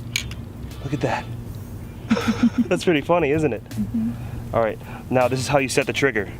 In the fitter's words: just snaps into place and holds look